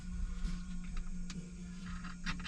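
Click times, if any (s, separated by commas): none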